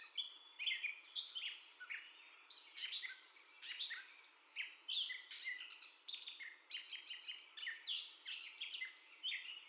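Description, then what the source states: Gray catbird song made of rapid, disjointed squeaky notes and harsher notes in short phrases that change pitch constantly. First song, recorded 30 May 2021.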